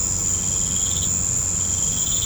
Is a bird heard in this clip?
no